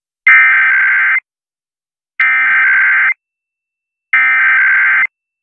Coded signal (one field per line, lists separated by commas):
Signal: Emergency Alert System (SAME) tones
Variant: header bursts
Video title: EMF Weekly Frenzy (EAS #14786-14788) 1/17/24